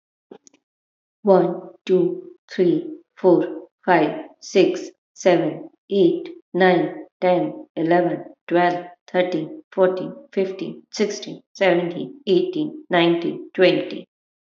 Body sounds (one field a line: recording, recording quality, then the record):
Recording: counting at a normal pace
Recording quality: excellent, no background noise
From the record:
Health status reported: healthy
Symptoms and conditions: none ticked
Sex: female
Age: 31 years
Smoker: not ticked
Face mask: not worn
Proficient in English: yes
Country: India